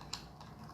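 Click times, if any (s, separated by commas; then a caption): 0.1 s. A plastic leveler piece is pushed into its spot on a measuring cup and snaps into place with a short, sharp click at 0.1 s. A softer tap follows at about 0.4 s over a low background hum, and the leveler is seated in the cup holder.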